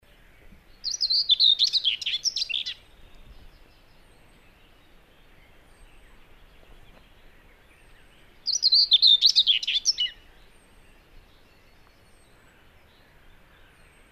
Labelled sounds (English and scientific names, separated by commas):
Common Whitethroat (Sylvia communis) song